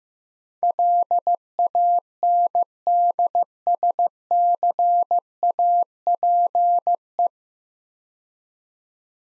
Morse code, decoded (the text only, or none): LANDSCAPE